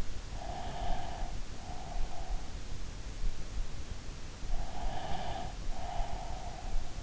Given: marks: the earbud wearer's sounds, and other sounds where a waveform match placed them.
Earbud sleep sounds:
sounds in sleep by an in-ear microphone; breath
0.30-2.89 s: breath
4.77-7.03 s: breath

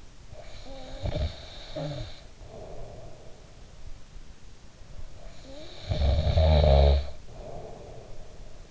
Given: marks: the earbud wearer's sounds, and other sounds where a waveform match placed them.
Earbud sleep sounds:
sounds in sleep by an in-ear microphone; snoring breath
0.30-3.64 s: snoring breath
4.81-8.71 s: snoring breath

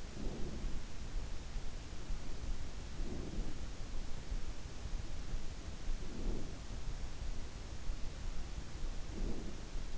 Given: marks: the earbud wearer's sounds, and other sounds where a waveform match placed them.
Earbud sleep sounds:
sounds in sleep by an in-ear microphone; breath
0.00-0.98 s: breath
2.74-3.76 s: breath
5.83-6.73 s: breath
8.86-9.74 s: breath

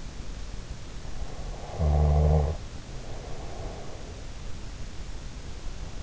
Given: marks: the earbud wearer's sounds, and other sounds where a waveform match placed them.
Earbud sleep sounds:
sounds in sleep by an in-ear microphone; snoring breath
1.37-4.47 s: snoring breath

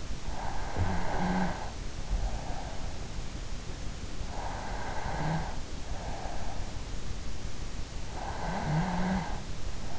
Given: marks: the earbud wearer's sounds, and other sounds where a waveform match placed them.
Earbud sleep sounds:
sounds in sleep by an in-ear microphone; snoring breath
0.00-3.31 s: snoring breath
4.00-6.80 s: snoring breath
7.89-9.94 s: snoring breath

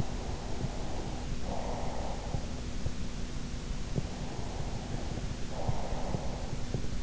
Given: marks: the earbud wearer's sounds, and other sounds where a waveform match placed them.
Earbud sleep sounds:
sounds in sleep by an in-ear microphone; breath
0.00-2.54 s: breath
4.23-6.71 s: breath

